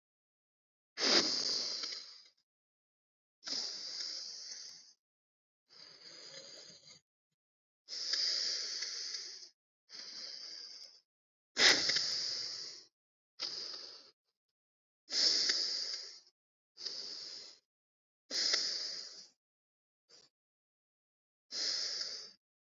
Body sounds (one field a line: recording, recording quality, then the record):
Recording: deep breathing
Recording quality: excellent, no background noise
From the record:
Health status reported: healthy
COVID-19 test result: not tested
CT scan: not taken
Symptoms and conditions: none ticked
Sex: male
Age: 24 years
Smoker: no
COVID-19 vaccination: both doses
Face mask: worn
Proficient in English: yes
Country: India